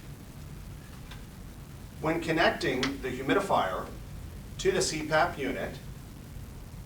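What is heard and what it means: A plastic humidifier module is being handled as it is brought toward a CPAP base unit, to be pushed on until it clicks. Someone talks over a low background hum, with a faint brief tap near 1.1 s. Nothing has seated or clicked yet.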